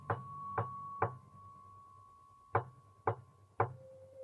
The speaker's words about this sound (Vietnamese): Chưa kịp định thần sự việc trước mặt thì cô đã giật lùi mình lại mấy bước vì tiếng gõ cửa. Lúc đầu thì rất dè dặt, sau thì lớn dần lên thành tiếng.